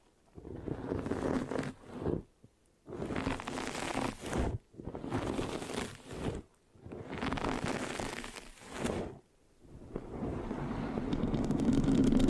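Scratching on a microphone comes in dense, rough bursts about every two seconds with short silent gaps, ending in a longer, louder stretch.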